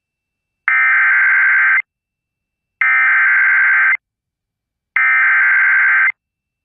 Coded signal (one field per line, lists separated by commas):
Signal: Emergency Alert System (SAME) tones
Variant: header bursts